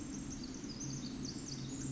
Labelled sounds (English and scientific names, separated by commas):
Pacific Wren (Troglodytes pacificus)